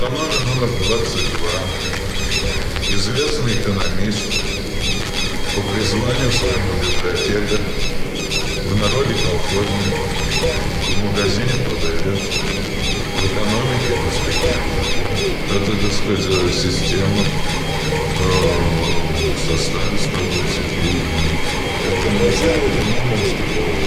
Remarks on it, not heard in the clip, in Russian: Шизофазия. Явление шизофазии заключается в том, что предложение построено правильно, но содержание становится совершенно бессмысленным. Реальные интервью людей с тяжелыми психическими заболеваниями записаны советскими медиками в шестидесятых годах в качестве методического пособия.